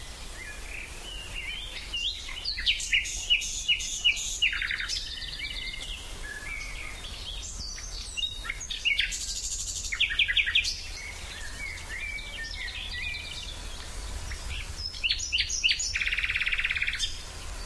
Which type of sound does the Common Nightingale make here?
song